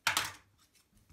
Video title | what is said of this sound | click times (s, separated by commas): Volvo A60H Bruder Motor connection #3 kit conversion V1 RC | Et là, ce coup-ci, clic. On entend clic, c'est que c'est fermé. | 0.1 s